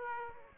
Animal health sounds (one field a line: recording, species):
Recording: mosquito wingbeat signal from an infrared sensor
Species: Aedes aegypti